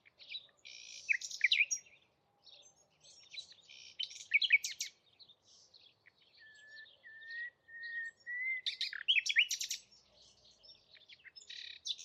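Bird song of scratchy, varied twittering with a row of short, clear, level whistles repeated in the middle before more chattering phrases.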